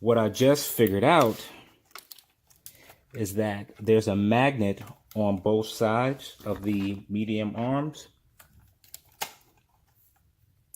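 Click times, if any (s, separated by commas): 10.7 s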